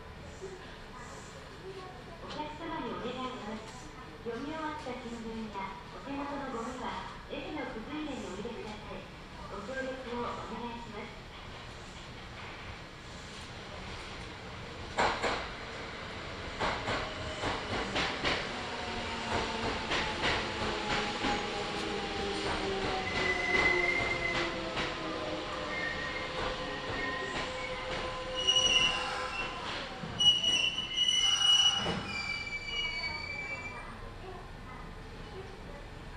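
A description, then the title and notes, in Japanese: A Kintetsu Nagoya Line local train running between Shiohama and Shiroko. For the first ten seconds a voice talks over the low rumble. After that the ride grows louder, with sharp clacks around fifteen seconds, gliding whines, and brief high squeals near twenty-four and thirty seconds. 近鉄名古屋線各駅停車 塩浜→白子。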